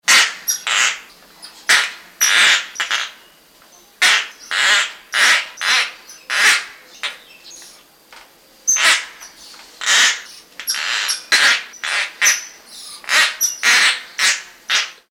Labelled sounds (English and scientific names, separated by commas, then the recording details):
Tokay Gecko (Gekko gecko)
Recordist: Tembrock, Günter
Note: Abwehrlaute eines Jungtieres